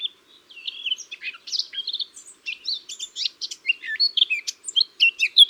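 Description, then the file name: Eurasian blackcap song: a continuous chattering warble of varied high twittering notes, growing louder toward the end. "Sylvia atricapilla"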